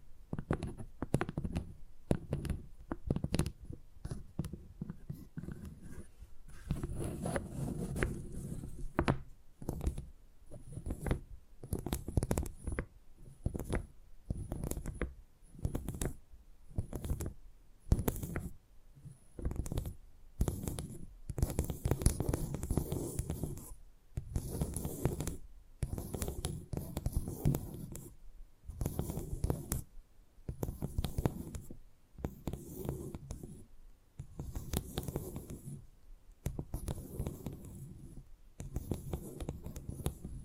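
Tapping sounds run through the whole stretch, a steady string of short, dull knocks coming several times a second with brief gaps between clusters. The taps sit mostly low and soft, with a thin high whine faintly present underneath.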